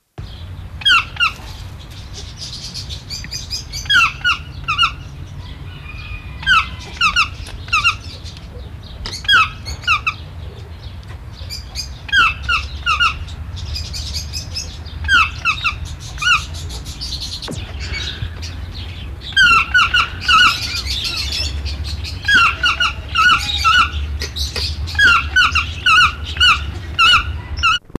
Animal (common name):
Yellow-throated Toucan